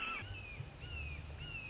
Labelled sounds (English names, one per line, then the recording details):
Red-shouldered Hawk
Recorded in Sonoma County, California